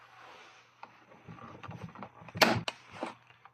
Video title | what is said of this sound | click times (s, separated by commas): Fast alle Jura Geräte haben das gleiche Problem Anleitung Jura Ena 9 | bis das Ganze wieder eingerastet ist. | 2.7 s